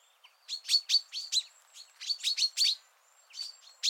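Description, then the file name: Common chaffinch calls: a rapid series of bright, sharp chirping notes, closely spaced, pausing briefly before two more runs of chirps. "Fringilla coelebs"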